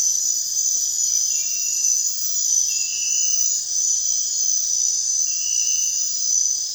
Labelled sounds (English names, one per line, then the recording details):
none
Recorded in dense forest near Puerto Asís, Putumayo, Colombia, on 22 June 2025 at 22:00
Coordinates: 0.468, -76.322
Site GP03